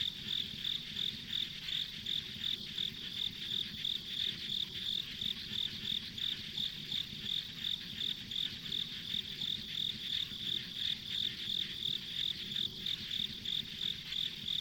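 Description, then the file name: Insects keep up a regular high chirp, about three pulses a second, over an unbroken shrill background drone. Ambient insect sounds along a rural country road. "田舎道の虫の環境音"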